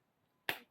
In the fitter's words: there you go you heard it click